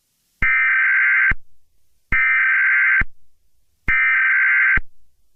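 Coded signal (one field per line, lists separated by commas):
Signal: Emergency Alert System (SAME) tones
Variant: header bursts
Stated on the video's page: Simulated Emergency Alert System scenario of a nuclear attack on the U.S.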